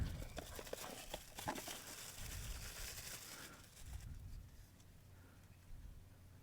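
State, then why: Not seated. A new headlight switch for a 2012–2016 Chevrolet Sonic is picked up and handled before it goes into the dashboard opening, with crinkling packaging and sharp crackles around 0.4, 0.7, 1.1 and 1.5 seconds. The rustling fades to quiet handling noise by the end. Nothing has seated or clicked yet.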